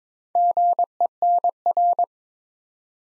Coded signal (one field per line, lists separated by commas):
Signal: Morse code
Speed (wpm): 22 wpm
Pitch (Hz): 700 Hz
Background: none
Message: GENR